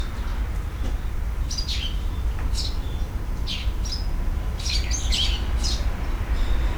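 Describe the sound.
Bird chirps: short, high, sharply falling notes in scattered bursts, some clustered quickly together, over a constant low rumbling background.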